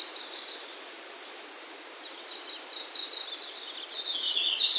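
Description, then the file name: Red-flanked bluetail song: a brief high phrase, a pause, then a run of thin warbled notes, with background hiss. "ruribi"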